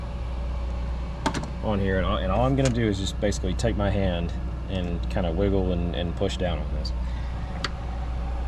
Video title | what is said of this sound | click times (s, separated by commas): 2013 Hyundai Tucson Massive Intermittent Electrical Issues | And you could hear it click and you could see it come on. | 7.6 s